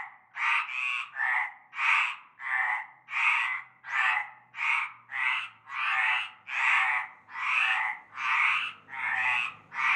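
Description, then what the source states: Rasping frog croaks in a busy chorus, some doubled, roughly one and a half per second over a faint low hum. Chorus of frogs from nightfall in a large concrete basin with stagnant greenish water, Avenue Cante Coucou, Groupède, La Ciotat, Bouches-du-Rhône, France.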